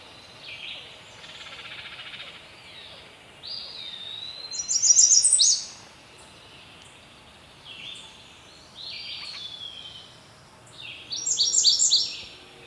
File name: Setophaga ruticilla - American Redstart